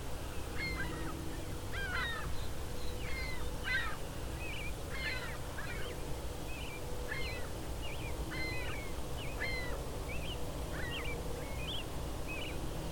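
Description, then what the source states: Ring-billed gulls calling, a scatter of short high squealing and mewing notes from several birds, over steady low rumbling wind or background noise. Ring-billed gulls calling out to each other.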